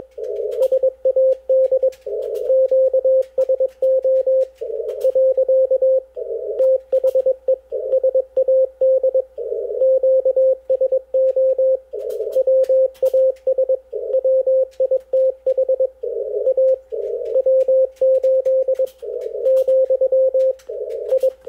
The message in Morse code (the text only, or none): SAD QSO . THE SAD QSO WAS WITH A W8 , I